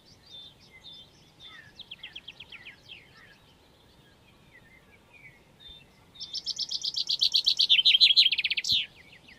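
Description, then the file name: Common chaffinch song: faint phrases early on, then a loud trill of sharp notes from around six seconds, ending in a quick flourish. "Fringilla coelebs"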